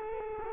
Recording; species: mosquito wingbeat signal from an infrared sensor; Culex quinquefasciatus